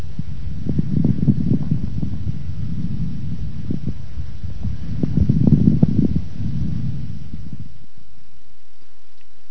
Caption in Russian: Влажные, средние и крупнопузырчатые хрипы у пациента с бронхоэктатической болезнью. Отличающиеся более низкой частотой и меньшим числом одновременно возникающих звуков.